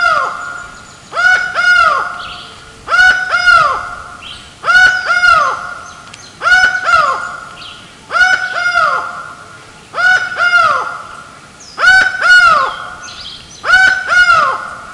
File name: Laughing Falcon